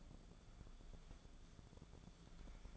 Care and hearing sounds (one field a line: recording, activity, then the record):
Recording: daily activity, microphone in the room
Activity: take from stove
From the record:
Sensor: 5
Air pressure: 1010.4 hPa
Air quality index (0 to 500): 111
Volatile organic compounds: 2 ppm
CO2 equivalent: 1096 ppm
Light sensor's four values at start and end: 557/1413/587/675 and 601/1509/630/733